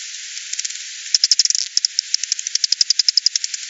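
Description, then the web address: Bat: a rapid run of many dry clicks, swelling into a brief dense burst before settling into an even ticking. 28 September 2020. "bat 202009 200928"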